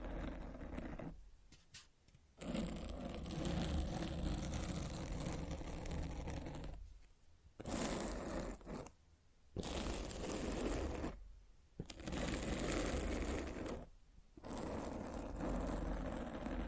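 Rough, dense microphone scratching in bursts, broken by several brief near-silent gaps around 1, 7, 9, 11.5 and 14 seconds.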